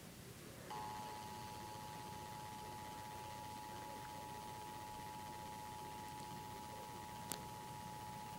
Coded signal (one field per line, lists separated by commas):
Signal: Emergency Alert System (SAME) tones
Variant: 853 and 960 Hz attention tone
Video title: Flood Warning on TV (EAS#9)